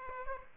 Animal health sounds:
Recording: mosquito wingbeat signal from an infrared sensor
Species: Aedes aegypti

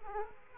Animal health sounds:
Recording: mosquito wingbeat signal from an infrared sensor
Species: Aedes aegypti

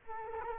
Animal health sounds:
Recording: mosquito wingbeat signal from an infrared sensor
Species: Culex quinquefasciatus

